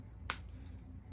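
A plastic swap-out thumb hand is pushed onto the wrist peg of a WWE Ultimate Edition Rob Van Dam (ECW One Night Stand) action figure. It pops into place with a single sharp snap at 0.3 s, going on more easily than the head. The hand is seated.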